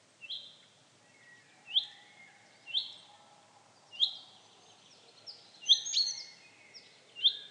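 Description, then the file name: Common chaffinch calls: short, sharp notes repeated every one to two seconds, with fainter chirps in between. "Fringilla coelebs"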